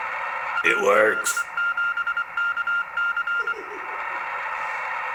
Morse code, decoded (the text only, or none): AL7KC